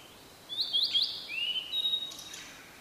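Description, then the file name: Blue-and-white flycatcher gives one brief phrase of high, rising and falling whistles ending in a long slurred note. "oruri"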